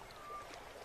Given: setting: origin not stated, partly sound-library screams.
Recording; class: one-second piece from a danger detection set; normal situation